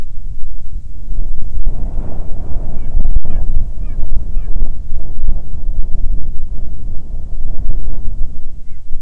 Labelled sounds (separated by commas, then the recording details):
bird, wind
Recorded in the Arctic National Wildlife Refuge, Alaska, on 9 July 2019 at 22:28
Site 48